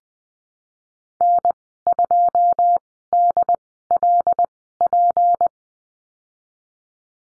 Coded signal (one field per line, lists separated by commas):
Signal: Morse code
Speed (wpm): 20 wpm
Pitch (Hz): 700 Hz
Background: none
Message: N2DLP